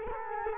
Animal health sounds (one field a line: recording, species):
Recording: mosquito wingbeat signal from an infrared sensor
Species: Culex quinquefasciatus